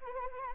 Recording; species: mosquito wingbeat signal from an infrared sensor; Anopheles arabiensis